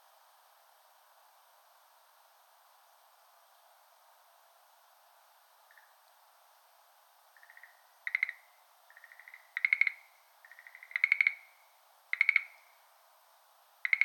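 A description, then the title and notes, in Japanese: Schlegel's green tree frog calling: after about six quiet seconds, a faint note, then a run of short rattling trills from around seven seconds on, growing louder and closer together. A steady faint hiss sits underneath, with no low sounds. シュレーゲルアオガエル 07:32pm（HPL2 バイノーラル）。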